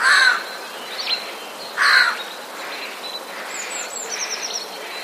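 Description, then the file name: Eurasian jay giving two harsh, rasping screeches about two seconds apart, with thin high twittering of small birds afterwards. Recorded 6 February 2016. "sojka 06 02 2016"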